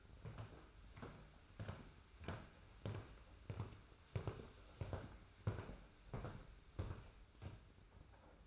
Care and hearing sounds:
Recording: daily activity, microphone in the room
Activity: walk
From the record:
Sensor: 2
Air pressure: 991.5 hPa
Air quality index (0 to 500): 188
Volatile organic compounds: 1000 ppm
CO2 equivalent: 6126 ppm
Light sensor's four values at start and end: 30/90/35/34 and 28/89/34/33

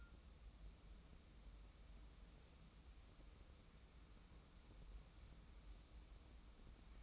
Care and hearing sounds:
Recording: daily activity, microphone in the room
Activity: wipe stove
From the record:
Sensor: 1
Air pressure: 994.5 hPa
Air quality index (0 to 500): 232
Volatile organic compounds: 1000 ppm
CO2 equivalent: 8357 ppm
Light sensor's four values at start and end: 123/282/125/134 and 137/316/140/153

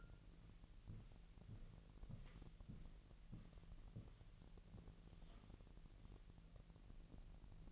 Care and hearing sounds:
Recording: daily activity, microphone in the room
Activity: walk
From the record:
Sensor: 4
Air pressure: 1002.9 hPa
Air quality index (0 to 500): 249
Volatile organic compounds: 27 ppm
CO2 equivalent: 2896 ppm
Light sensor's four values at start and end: 8/17/7/7 and 8/17/7/7

